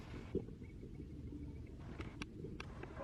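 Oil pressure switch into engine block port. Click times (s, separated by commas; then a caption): 2.2 s, 2.6 s. A new oil pressure switch is pushed up from underneath into its engine block port on a Yukon Denali truck engine, with the retaining bolt to go back in afterwards. Over a steady low rumble, a few faint taps lead to two sharp snaps at 2.2 s and 2.6 s. The snap shows the switch is seated in place.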